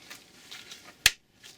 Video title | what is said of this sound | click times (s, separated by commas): DIY WRX Color Flow Build Kit 15-21 Subaru WRX | and it just snaps right in | 1.1 s